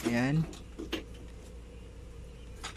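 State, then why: Seated. During a TV panel repair, a flat ribbon cable is pushed into its board connector and the connector lock is closed. Someone talks briefly at the start, then one sharp click sounds at 0.9 s over a quiet background. The cable is seated and the connector is locked.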